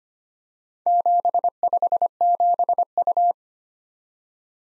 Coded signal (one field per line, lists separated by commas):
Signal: Morse code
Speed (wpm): 25 wpm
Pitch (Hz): 700 Hz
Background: none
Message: 757U